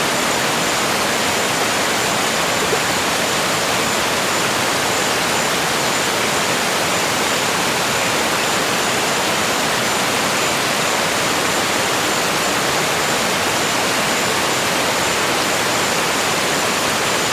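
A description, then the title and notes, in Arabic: A rainforest waterfall roars in a steady, dense hiss, unchanging throughout, bright and close with little low rumble beneath. شلال الغابة المطيرة | أصوات النوم من جبال كارداموم التايلاندية. في هذه الحلقة، نأخذكم إلى محمية طبيعية خفية في جبال كارداموم في تايلاند. إيقاع الشلال الثابت.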